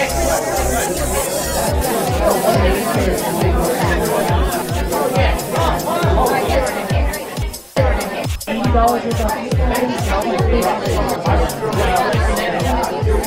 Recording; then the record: background sound without coughing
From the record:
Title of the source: Nightlife Party Simulating Party Club Noise 1 Hour